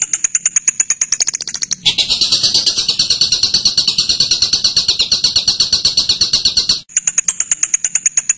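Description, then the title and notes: Bird song: rapid high ticking notes give way to a long, dense buzzy trill lasting about five seconds, then the quick ticking returns. Masteran birdsong, a model song for teaching cage birds. "MASTERAN BURUNG. suarane manok"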